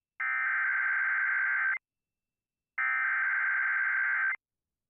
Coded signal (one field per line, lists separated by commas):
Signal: Emergency Alert System (SAME) tones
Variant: header bursts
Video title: HOW MANY BUSTS ARE WE GONNA HAVE?! | EAS Alerts from 8/20/26